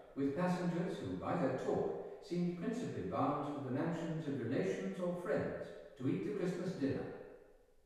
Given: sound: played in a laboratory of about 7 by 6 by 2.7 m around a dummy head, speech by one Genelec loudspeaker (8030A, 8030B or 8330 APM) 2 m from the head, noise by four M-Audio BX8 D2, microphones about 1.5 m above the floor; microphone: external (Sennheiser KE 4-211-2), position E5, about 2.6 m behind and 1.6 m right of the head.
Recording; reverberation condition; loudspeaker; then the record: male speech in English; high; 60 degrees to the right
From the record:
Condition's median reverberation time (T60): about 1300 ms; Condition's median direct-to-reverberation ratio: about -4.0 dB